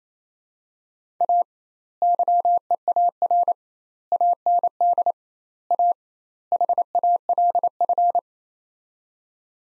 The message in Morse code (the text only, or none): A YEAR AND A HALF